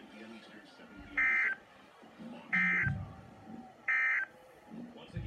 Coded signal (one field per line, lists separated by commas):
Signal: Emergency Alert System (SAME) tones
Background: speech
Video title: Severe Thunderstorm Warning Tazewell County IL